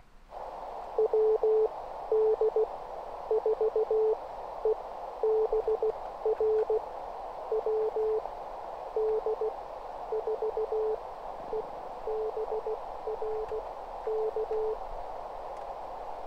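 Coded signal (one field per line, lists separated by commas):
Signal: Morse code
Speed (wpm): 16 wpm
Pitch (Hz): 440 Hz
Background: none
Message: WD4EBR WD4EBR K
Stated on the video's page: CW Parks on the Air activation from a car on 20 meters with a ham stick antenna, by an inexperienced operator.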